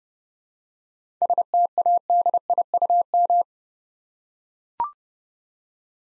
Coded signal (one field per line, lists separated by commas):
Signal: Morse code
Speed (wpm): 30 wpm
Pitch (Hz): 700 Hz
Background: none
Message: STADIUM